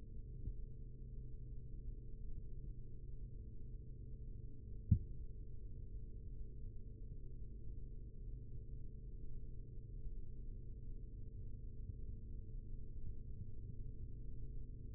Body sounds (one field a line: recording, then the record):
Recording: forearm muscle sounds (acoustic myography)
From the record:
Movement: rest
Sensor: system 3, bracelet of six PUI Audio POM-2738L microphones around the upper forearm, with dedicated amplification and filtering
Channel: 4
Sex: male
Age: 43 years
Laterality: right